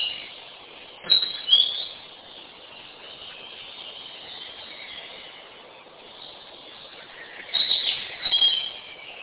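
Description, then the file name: Bird chirps in two short bursts, one near the start and one near the end, with a constant muffled hiss in between. "kunstradio voegel"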